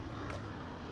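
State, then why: Not seated. A garden hose quick coupling is being handled at the plastic water inlet coupling of a HANABI 8003 60-bar pressure washer. Only a steady low rumble and soft handling noise are heard, with no distinct click. Nothing has seated or clicked yet.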